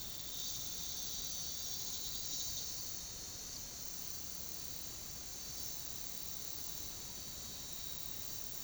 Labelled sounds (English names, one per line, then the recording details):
none
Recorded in pastures near Puerto Asís, Putumayo, Colombia, on 8 March 2025 at 16:00
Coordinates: 0.486, -76.323
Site G075